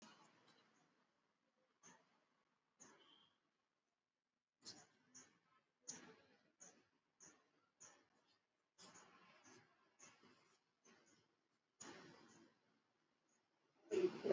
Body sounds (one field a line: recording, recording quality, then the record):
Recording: deep breathing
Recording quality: poor, much background noise or distortion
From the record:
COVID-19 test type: RT-PCR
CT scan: not taken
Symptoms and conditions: cough, cold, fever, muscle pain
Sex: male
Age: 32 years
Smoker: yes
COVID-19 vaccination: both doses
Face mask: worn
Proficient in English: yes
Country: India